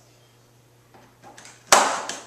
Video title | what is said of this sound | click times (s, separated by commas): A better way to pipette. "Unique benefits of the Ovation." | watch as i tip how easy that came on you hear that click | 1.7 s